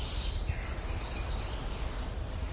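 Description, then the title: Tropical parula singing a thin, rapid, high-pitched buzzy trill of almost two seconds, ending with an upward flick, with a constant insect whine behind it. "LuckyPassaro Completos2Sama. Tropical Parula (Setophaga pitiayumi)"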